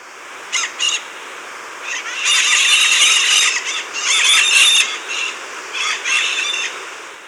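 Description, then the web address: Golden-plumed parakeet harsh, screechy calls in overlapping bursts, a short pair first then longer chattering runs, with steady background hiss. Recorded in Ecuador. "Birds of Ecuador. Golden-Plumed Parakeet"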